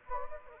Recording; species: mosquito wingbeat signal from an infrared sensor; Anopheles gambiae